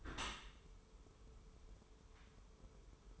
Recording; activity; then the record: daily activity, microphone in the room; close dishwasher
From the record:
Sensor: 1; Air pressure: 1015.0 hPa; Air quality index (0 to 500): 25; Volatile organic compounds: 0 ppm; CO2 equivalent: 503 ppm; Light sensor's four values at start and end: 13/30/12/14 and 13/30/12/14